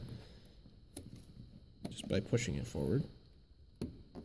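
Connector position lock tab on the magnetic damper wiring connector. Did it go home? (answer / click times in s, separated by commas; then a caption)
yes / 3.8 s. The gray locking tab on the electrical connector of a Corvette magnetic damper's wiring is pushed forward while someone talks. A sharp click at 3.8 s marks the connector position lock seating, and the tab is locked into place.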